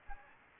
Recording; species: mosquito wingbeat signal from an infrared sensor; Anopheles gambiae